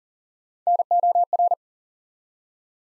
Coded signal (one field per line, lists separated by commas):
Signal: Morse code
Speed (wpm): 38 wpm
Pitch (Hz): 700 Hz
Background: none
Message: NOR